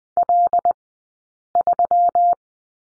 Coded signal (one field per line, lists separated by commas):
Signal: Morse code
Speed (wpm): 20 wpm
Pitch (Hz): 700 Hz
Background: none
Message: L3